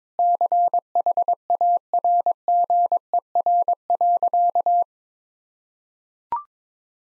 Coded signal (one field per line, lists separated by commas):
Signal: Morse code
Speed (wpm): 22 wpm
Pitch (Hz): 700 Hz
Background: none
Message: CHARGER.